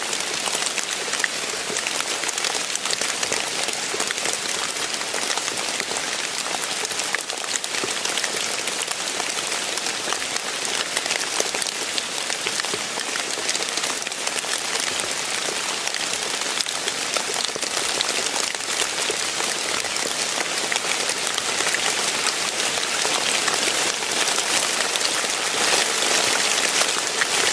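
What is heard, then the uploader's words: Steady, dense rain patters hard and close, a bright hiss of countless drops that barely changes across the whole half minute. Rain.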